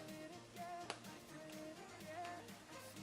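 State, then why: Seated. A hair clip clasp is closed at the front of a band wrapped around gathered hair in a high puff, and it clicks shut with a short, sharp click at 0.9 s over steady background music. The clasp is seated.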